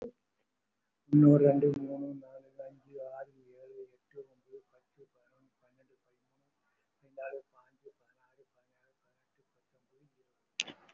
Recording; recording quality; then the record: counting at a fast pace; excellent, no background noise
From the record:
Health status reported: respiratory illness, not identified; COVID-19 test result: negative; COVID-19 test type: RT-PCR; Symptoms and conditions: breathing difficulty, chronic lung disease, hypertension, diabetes, ischaemic heart disease, another condition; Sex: male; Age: 64 years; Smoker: yes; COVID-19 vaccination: both doses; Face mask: worn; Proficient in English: yes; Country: India